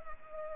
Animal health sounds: mosquito wingbeat signal from an infrared sensor; Culex pipiens

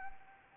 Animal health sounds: mosquito wingbeat signal from an infrared sensor; Anopheles gambiae

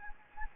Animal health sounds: mosquito wingbeat signal from an infrared sensor; Anopheles gambiae

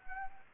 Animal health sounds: mosquito wingbeat signal from an infrared sensor; Anopheles arabiensis

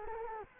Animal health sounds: mosquito wingbeat signal from an infrared sensor; Anopheles arabiensis

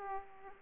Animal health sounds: mosquito wingbeat signal from an infrared sensor; Aedes aegypti

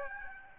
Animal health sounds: mosquito wingbeat signal from an infrared sensor; Aedes albopictus

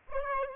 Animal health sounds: mosquito wingbeat signal from an infrared sensor; Aedes albopictus

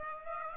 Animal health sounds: mosquito wingbeat signal from an infrared sensor; Aedes aegypti

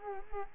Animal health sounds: mosquito wingbeat signal from an infrared sensor; Culex quinquefasciatus

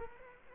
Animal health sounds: mosquito wingbeat signal from an infrared sensor; Culex quinquefasciatus

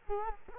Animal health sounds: mosquito wingbeat signal from an infrared sensor; Culex quinquefasciatus

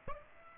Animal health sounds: mosquito wingbeat signal from an infrared sensor; Aedes aegypti

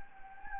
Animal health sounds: mosquito wingbeat signal from an infrared sensor; Anopheles gambiae

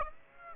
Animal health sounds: mosquito wingbeat signal from an infrared sensor; Aedes aegypti

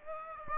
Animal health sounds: mosquito wingbeat signal from an infrared sensor; Aedes aegypti

